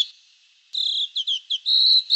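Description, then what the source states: Rose robin giving a high whistled phrase: a long steady note, a quick series of three short slurred notes, then a held whistle. Canberra garden bird.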